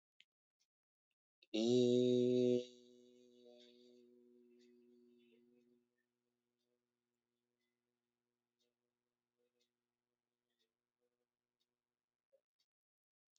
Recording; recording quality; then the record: sustained vowel as in made; excellent, no background noise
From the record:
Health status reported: exposed to COVID-19, no respiratory illness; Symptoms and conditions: none ticked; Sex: male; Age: 32 years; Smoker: not ticked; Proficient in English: yes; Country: India